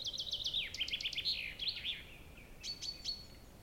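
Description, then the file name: Common chaffinch singing a fast descending series of chipping notes ending in a flourish, followed by a few short high notes. "Fringilla coelebs"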